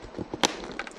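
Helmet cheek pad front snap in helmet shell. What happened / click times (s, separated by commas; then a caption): The plastic snap pressed home into its socket / 0.5 s. A helmet's front cheek pad plastic snap is lined up and pressed into the helmet shell. A sharp click at 0.5 s marks the snap seating, felt going in, with softer taps and handling noise around it. The front cheek pad is confirmed seated.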